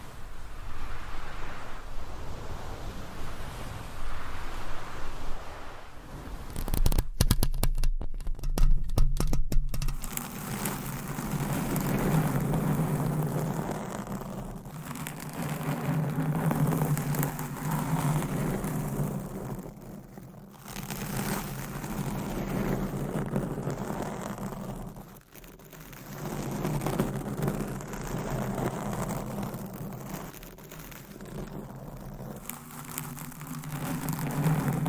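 Fingernails scratch and rub against a covered microphone, making a dense, rough rasp that swells and fades in slow waves throughout. Around seconds seven to ten, a burst of sharp crackling taps cuts in. A low steady hum sits underneath the whole time.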